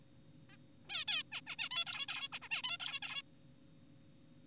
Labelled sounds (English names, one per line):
Zebra Finch